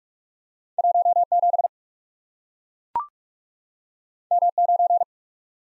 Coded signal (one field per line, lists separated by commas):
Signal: Morse code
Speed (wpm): 44 wpm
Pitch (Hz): 700 Hz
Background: none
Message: 1 7 M 9